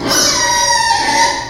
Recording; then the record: squeal of a Yucatan mini pig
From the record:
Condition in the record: before surgery on the right vocal fold (resection and tissue-engineered implant); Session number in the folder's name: 1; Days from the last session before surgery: -3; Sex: male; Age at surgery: 12 weeks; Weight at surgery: 13 kg